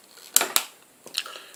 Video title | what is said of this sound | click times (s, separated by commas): Thrumnal Transformers Prime RID Starscream | just like that two satisfying clicks for each side | 0.4 s, 0.6 s